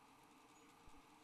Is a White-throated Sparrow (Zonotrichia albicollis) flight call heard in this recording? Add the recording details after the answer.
no. No flight call is heard. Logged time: 05:29 on 8 December 2014